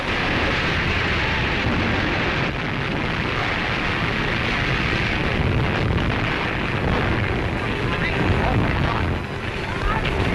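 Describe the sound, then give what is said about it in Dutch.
Archival recording of the German Zeppelin Hindenburg bursting into flames in 1937: a loud, unbroken roar of rumbling, crackling noise for about ten seconds, with indistinct voices mixed into the din. “De Zeppelin ging in 1 minuut in vlammen op en zorgde voor 36 doden.”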